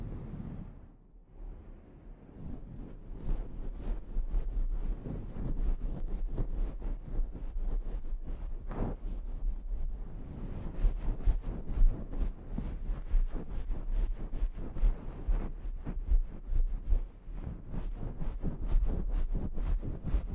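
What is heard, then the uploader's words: A scalp treatment: steady low rumbling and rubbing, with sharp crackles and ticks that grow denser and busier after about ten seconds. ASMR Sleep Inducing Scalp Treatment (No Talking).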